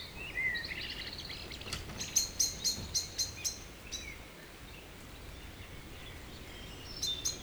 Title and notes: Tregastel bourg, 22560 Pleumeur-Bodou, France - Evening village birds. Vers 20hr. Temps humide. présences de volatiles qui font des bruits. Around 8 pm. Humid weather. birds sings. April 2019